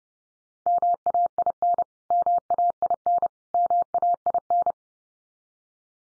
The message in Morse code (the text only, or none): MAIN MAIN MAIN